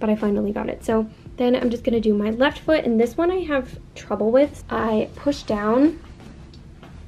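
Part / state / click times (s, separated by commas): shoe cleat into exercise bike pedal clip / not seated / none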